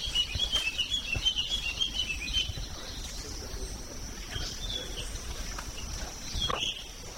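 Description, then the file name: Matinan flycatcher with a quick string of high twittering notes in the first few seconds, then mostly insect whine with a few scattered faint notes. "sikatan matinan"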